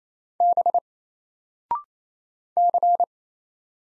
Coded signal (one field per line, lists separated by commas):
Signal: Morse code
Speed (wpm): 27 wpm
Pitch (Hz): 700 Hz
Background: none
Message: B C